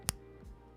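An off-brand plastic building brick is pressed onto a brick model, giving one sharp, loud snap at 0.1 s as it seats, with a few faint softer sounds after. The brick snaps on well.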